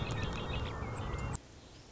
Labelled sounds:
Red-winged Blackbird
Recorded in Sonoma County, California

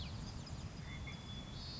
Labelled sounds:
White-crowned Sparrow
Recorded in Sonoma County, California

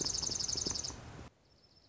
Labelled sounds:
Dark-eyed Junco
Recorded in Sonoma County, California

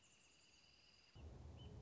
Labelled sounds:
Wrentit
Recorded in Sonoma County, California

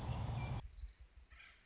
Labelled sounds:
Orange-crowned Warbler
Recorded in Sonoma County, California

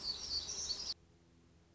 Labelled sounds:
Black-throated Gray Warbler
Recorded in Sonoma County, California

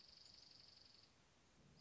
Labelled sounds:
Dark-eyed Junco
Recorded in Sonoma County, California

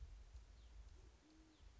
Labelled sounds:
Band-tailed Pigeon
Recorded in Sonoma County, California

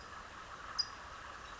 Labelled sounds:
California Towhee
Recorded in Sonoma County, California

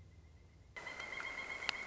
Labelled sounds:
Pileated Woodpecker
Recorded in Sonoma County, California

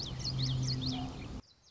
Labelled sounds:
Common Yellowthroat
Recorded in Sonoma County, California

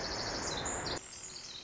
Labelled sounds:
Pacific Wren
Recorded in Sonoma County, California

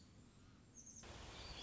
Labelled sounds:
American Robin
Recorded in Sonoma County, California

